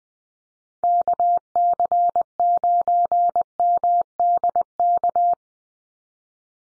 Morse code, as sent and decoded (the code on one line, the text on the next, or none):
-.- -.-. ----. -- -.. -.-
KC9MDK